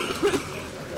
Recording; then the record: coughing mixed with background sound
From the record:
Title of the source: 64 coughing, allergies, singing lungs